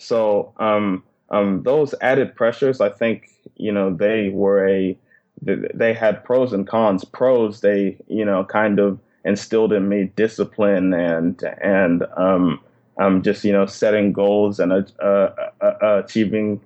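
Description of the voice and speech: Adult man who stutters, speaking slowly with fillers, a repeated 'they', stretched sounds and a block before 'achieving'. Stuttering began at a very young age; he stuttered covertly through high school and later learned to speak slower and pause more.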